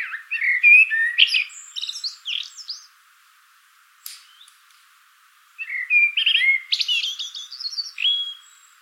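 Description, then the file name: Common blackbird song, two mellow fluted phrases separated by a pause of about three seconds, each ending in thin, high, squeaky twittering. "Turdus merula"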